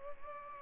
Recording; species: mosquito wingbeat signal from an infrared sensor; Culex pipiens